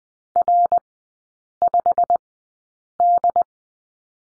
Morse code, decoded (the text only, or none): R5D